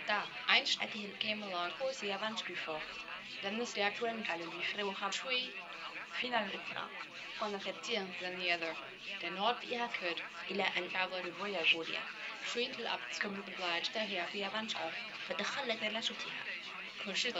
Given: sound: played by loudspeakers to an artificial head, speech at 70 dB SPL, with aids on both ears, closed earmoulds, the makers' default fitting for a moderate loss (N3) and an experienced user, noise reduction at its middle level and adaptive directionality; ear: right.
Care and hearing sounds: speech test signal (ISTS) in cocktail-party noise; +6 dB; in front (0 degrees)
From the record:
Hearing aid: class 1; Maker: F

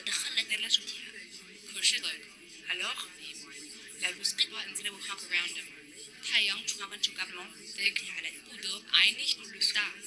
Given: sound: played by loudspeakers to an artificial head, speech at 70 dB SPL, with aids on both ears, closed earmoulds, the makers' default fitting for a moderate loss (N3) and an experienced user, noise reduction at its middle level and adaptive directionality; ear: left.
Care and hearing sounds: speech test signal (ISTS) in cocktail-party noise; -3 dB; in front (0 degrees)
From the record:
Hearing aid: class 2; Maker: J

